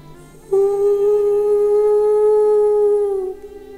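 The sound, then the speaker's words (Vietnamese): A wolf, Lan Vương, on a high mountain peak under a full moon lets out one long, loud howl, holding a steady mid-pitched note for about three seconds before it trails off slightly lower at the end. No voices are heard. “Nhìn vần nguyệt giữa bầu không tối tăm, Lan Vương hú lên một tràng dài.”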